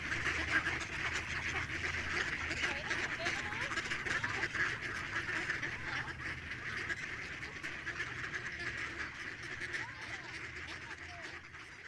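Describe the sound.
Ducks giving a continuous mass of overlapping quacks.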